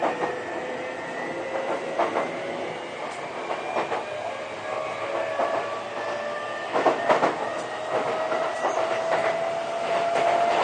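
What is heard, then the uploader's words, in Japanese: A Sotetsu 20000 series train runs between Yokohama and Shonandai with a steady rumble and a whining motor tone that slowly rises in pitch. Clattering bursts from the rails come at irregular intervals, strongest around the seventh second, and the sound grows slightly louder toward the end. 相鉄20000系 横浜ー湘南台。快速に乗車し、録音。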